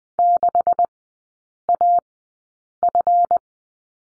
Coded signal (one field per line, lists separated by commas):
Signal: Morse code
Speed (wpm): 20 wpm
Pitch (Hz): 700 Hz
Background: none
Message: 6AF